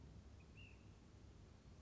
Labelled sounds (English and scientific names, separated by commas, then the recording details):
Ash-throated Flycatcher (Myiarchus cinerascens)
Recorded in Sonoma County, California